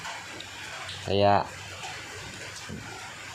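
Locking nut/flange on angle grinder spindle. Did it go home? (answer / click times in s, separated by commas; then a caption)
no / none. Someone tries to lock the red locking nut/flange onto an angle grinder spindle, perhaps with the cutting disc, but it will not lock and has been giving trouble, so the cutting disc is to be mounted directly instead. Low background noise and a faint tap near 0.4 s are heard while someone talks briefly around 1.1–1.4 s. Nothing has seated or clicked yet.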